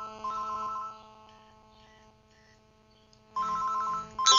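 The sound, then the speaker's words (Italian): A telephone rings during a radio call-in show on Radio Pazza as the director passes calls through, with a steady electronic tone, fading to a quieter sustained hum before a louder, brighter burst of ringing returns near the end. No one speaks. “Dai che il telefono.”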